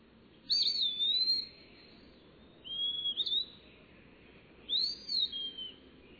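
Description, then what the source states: Eastern Wood-Pewee song: slurred, plaintive high whistles, a drawn-out falling phrase followed by shorter rising-and-falling ones, with a low rumble of background noise. Sings its name over and over; common in leafy forests east of the Rockies; more often heard than seen; more plaintive singing style than the phoebe.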